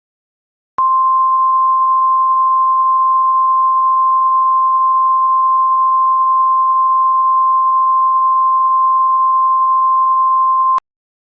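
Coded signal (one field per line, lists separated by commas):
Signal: Emergency Alert System (SAME) tones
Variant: 1050 Hz attention tone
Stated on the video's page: Mock EAS alert, simulated test.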